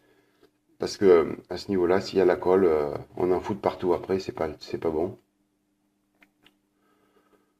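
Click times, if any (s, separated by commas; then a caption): 6.2 s, 6.5 s. A clear plastic headlight lens is dry-fitted, before gluing, into the plastic body of a 1/24 Fujimi McLaren F1 GTR Long Tail scale model car. Someone talks, then after a pause two short, sharp ticks at 6.2 s and 6.5 s mark the lens seating. The fit is confirmed good.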